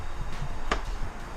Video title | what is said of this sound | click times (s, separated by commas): How To Change Headlight Globes - Yamaha R3 | hear that click and just pull the cap back like so | 0.7 s